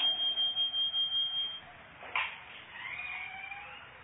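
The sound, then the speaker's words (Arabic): An electronic front-door bell, not the telephone, rings in a quick string of about nine shrill, evenly spaced pulses, then stops; a single dull thump and faint rustling follow. “يو ده الباب. لا ده الباب مش التليفون.”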